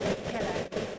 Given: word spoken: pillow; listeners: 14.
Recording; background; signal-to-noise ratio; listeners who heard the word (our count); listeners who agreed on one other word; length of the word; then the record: one English word in noise, from a listening test; noise modulated by three-talker babble; -5.6 dB; 4 of 14; 7 of 14; 0.58 s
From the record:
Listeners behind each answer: 7, 4, 2, 1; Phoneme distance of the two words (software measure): 10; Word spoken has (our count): 2 syllables, 4 phonemes, stress on syllable 1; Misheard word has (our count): 2 syllables, 4 phonemes, stress on syllable 1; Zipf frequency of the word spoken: 3.73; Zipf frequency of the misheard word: 3.54